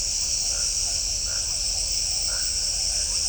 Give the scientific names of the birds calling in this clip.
none